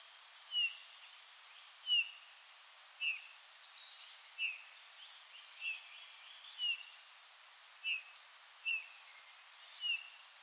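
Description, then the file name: Eurasian bullfinch calls: a series of nine brief, soft, down-slurred piping whistles, about one every second against faint steady noise. "Pyrrhula pyrrhula"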